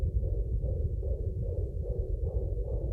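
Fast, steady whooshing pulses in a low rumble, at roughly 150 a minute. This is a fetal heartbeat picked up by a home fetal Doppler, a rapid rate typical of a healthy fetus: a medical, maternity sound, long dreamed of, that would never have been heard if nature had been left to itself, and that the parents listened to every day.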